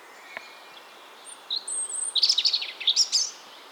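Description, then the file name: European robin song: a thin high whistle, then a rapid jumble of sharp, sparkling notes in quick succession. "Erithacus rubecula"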